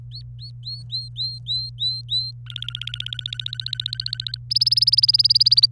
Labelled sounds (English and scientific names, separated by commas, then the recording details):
Domestic Canary (Serinus canaria) song
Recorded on 26 April 2018 at 15:10
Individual llb3